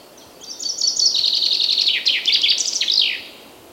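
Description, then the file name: Common chaffinch song: a bright series of repeated notes dropping in pitch, ending in a sharp downward flourish, nearly three seconds long. "Fringilla coelebs"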